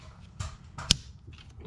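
A plastic retaining clamp is reconnected onto a hose or line in the engine bay of a 2013–2019 Ford Escape 2.0L during a spark plug change. After a few soft rustling handling sounds, the clamp snaps shut with a single sharp click at 0.9 s. It is seated, and someone talks.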